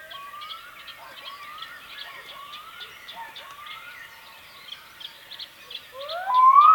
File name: Digiffects Sound Effects Library - Black Throated Diver Bird Version 1